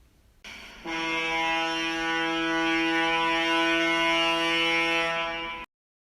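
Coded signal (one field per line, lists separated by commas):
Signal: ship horn signal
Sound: one prolonged low, steady, buzzy horn blast lasting about five seconds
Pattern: 1 prolonged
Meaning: A power-driven vessel making way through the water in restricted visibility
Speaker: a power driven vessel making way through the water shall sound at intervals of not more than two minutes one prolonged blast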